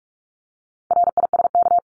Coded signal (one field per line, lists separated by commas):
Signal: Morse code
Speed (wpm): 44 wpm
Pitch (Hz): 700 Hz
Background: none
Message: RISK